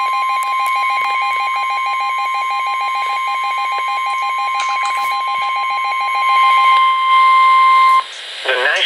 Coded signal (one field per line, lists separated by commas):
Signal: Emergency Alert System (SAME) tones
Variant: 1050 Hz attention tone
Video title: Severe Thunderstorm Warning #13 (EAS #163)